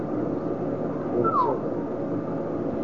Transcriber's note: whistles